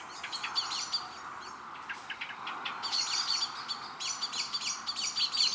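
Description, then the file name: Eurasian blackbird giving scattered sharp ticking notes, then denser bursts of rapid high chinks near the end, over a steady background hiss. "Turdus merula"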